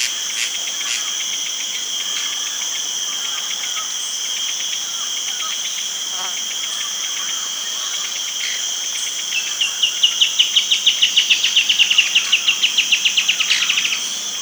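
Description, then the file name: Bird's rapid chirping trill starts late and lasts about four seconds, set against a steady ringing insect chorus. "SABIOD 50 bird 2015"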